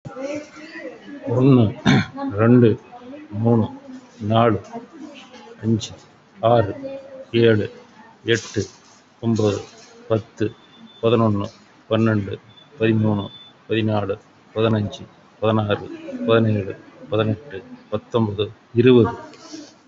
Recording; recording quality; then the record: counting at a normal pace; excellent, no background noise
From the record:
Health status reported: COVID-19 positive, mild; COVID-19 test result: positive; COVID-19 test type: RT-PCR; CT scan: not taken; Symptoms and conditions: fever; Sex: male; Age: 52 years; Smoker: no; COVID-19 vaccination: none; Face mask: worn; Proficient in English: yes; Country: India